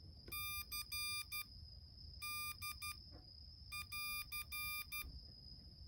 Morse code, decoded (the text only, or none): CD<AR>